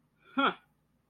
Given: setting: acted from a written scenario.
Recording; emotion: vocal sound without words; confusion